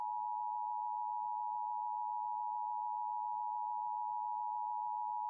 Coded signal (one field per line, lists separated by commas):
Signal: Emergency Alert System (SAME) tones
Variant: 853 and 960 Hz attention tone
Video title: LIVE AM/MW DX: DX Central Live - S. 3, Ep. 22 | Friday, March 24, 2023